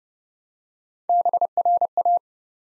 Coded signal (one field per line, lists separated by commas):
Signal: Morse code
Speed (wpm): 30 wpm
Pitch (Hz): 700 Hz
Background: none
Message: BRA